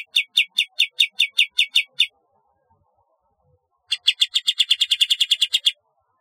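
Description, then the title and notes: Bulbul song: a run of evenly spaced sharp chirps, a quiet gap, then a faster, denser burst of similar notes. "Kicau Burung Kapas"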